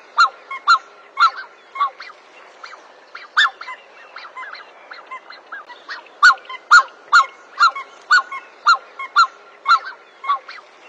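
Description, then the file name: Black-necked swan calls: rhythmic honking notes repeated roughly twice a second, growing louder and more regular in the second half. "Canto do cisne de pescoco preto"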